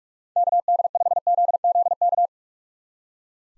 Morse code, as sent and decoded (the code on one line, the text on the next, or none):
-.- -.. ..... --.. --.. -.-
KD5ZZK